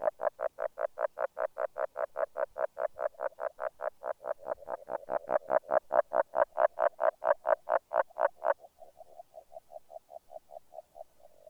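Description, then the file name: Agile frog calling a long, rapid train of notes for about eight seconds, then switching to softer, closely spaced notes. "Grenouille agile"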